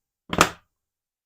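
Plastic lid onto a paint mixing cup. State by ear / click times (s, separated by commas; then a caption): seated / 0.3 s, 0.4 s. A plastic lid is pressed onto a paint mixing cup again and snaps home around the rim, with sharp snaps at 0.3 s and 0.4 s followed by a short fading rattle. The lid is seated.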